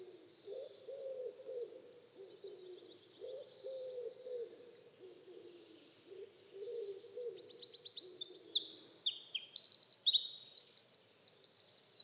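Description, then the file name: Eurasian wren bursting into a rapid, high song with a closing trill, after several seconds of faint low warbling and high notes. "Troglodytes troglodytes"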